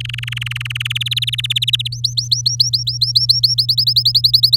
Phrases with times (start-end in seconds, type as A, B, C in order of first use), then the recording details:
0.00-0.92 A, 0.95-1.88 B, 1.92-3.66 C, 3.69-4.57 D. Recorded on 7 May 2018 at 17:14. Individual llb16